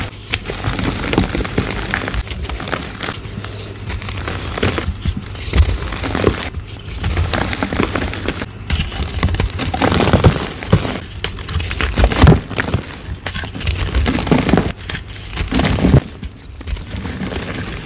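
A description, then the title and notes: Gym chalk being crushed and squeezed, a dense run of crunchy, crinkling bursts with no steady rhythm. The gritty crackle fills the whole 18 seconds, swelling and easing in irregular squeezes, with a faint low hum underneath. Random Gym Chalk Crushes.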